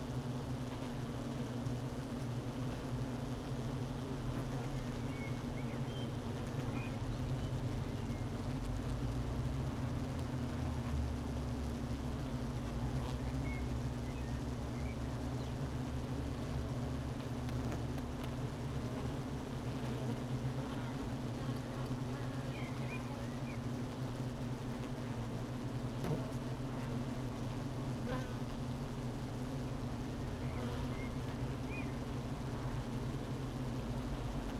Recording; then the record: honeybee colony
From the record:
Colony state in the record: missing queen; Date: 31 May 2018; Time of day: 12:43